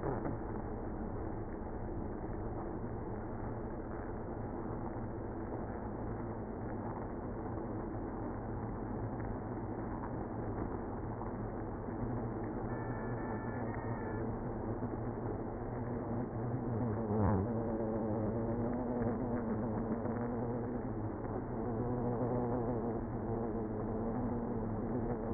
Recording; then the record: honeybee colony, microphone inside the hive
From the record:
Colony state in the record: queenless (queen removed); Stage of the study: after two queens were removed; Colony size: about 60,000 bees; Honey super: yes